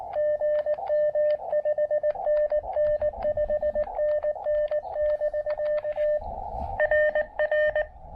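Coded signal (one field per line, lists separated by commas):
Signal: Morse code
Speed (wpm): 18 wpm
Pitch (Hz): 590 Hz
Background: radio noise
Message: GM 5NN 5NN <BK> RR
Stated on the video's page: Quick QRP Parks on the Air activation with an Elecraft KX2 set up on a knee board.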